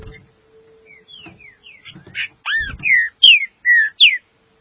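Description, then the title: Green-winged saltator song building from faint thin slurs into strong, mellow whistles that arch and drop, with a low hum and a few knocks underneath. "Trinca Ferro"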